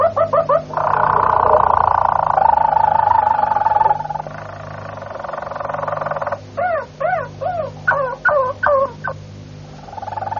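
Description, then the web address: Harz Roller canary song: short hollow notes, a loud sustained roll, a quieter trill, then a run of looping glucking notes, with a low electrical hum. "canarios cantoharz"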